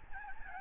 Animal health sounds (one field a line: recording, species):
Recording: mosquito wingbeat signal from an infrared sensor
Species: Aedes albopictus